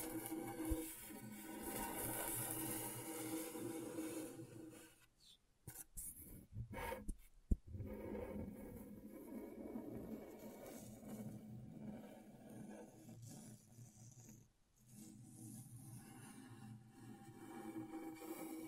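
Scratching on scratchboard, a dense, steady rasping that drops out between five and seven seconds, snaps with a click, and pauses briefly again near fifteen.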